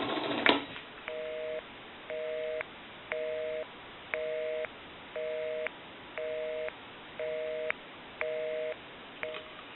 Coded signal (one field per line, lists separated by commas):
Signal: telephone call progress tone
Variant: North America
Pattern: busy tone